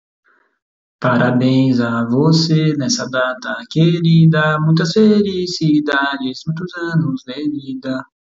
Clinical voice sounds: short text; Brazilian Portuguese; male; 30 to 39 years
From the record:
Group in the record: control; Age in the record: 30 years

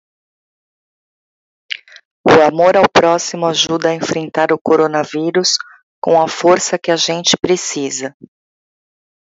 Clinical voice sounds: spoken sentence; Brazilian Portuguese; female; 50 to 59 years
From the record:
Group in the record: control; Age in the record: 51 years

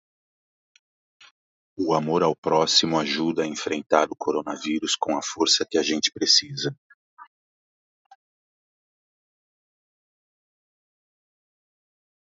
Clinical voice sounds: spoken sentence; Brazilian Portuguese; male; 40 to 49 years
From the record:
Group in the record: control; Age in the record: 49 years

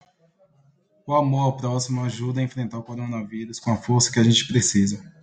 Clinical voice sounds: spoken sentence; Brazilian Portuguese; male; 20 to 29 years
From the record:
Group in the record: control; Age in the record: 25 years

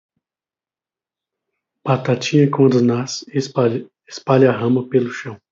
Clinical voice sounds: short text; Brazilian Portuguese; male; 50 to 59 years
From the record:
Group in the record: control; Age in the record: 50 years

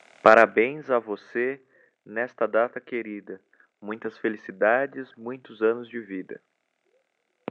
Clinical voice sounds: short text; Brazilian Portuguese; male; 20 to 29 years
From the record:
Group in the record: control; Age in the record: 21 years

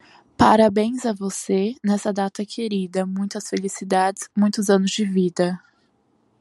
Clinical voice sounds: short text; Brazilian Portuguese; female; 18 to 19 years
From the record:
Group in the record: control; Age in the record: 19 years

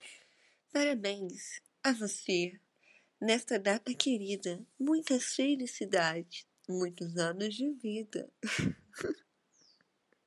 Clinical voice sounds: short text; Brazilian Portuguese; female; 20 to 29 years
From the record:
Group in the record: control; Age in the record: 23 years

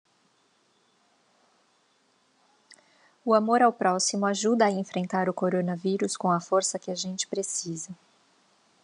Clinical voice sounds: spoken sentence; Brazilian Portuguese; female; 30 to 39 years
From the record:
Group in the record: control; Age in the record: 36 years

